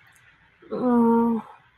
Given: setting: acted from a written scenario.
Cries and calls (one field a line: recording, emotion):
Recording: vocal sound without words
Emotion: embarrassment